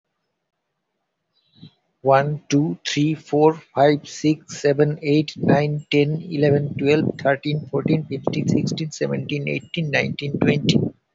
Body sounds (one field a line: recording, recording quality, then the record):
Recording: counting at a fast pace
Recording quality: moderate, slight background noise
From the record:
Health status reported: healthy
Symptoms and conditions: hypertension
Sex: male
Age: 49 years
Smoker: not ticked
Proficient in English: yes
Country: India